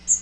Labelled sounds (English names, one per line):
Magnolia Warbler flight call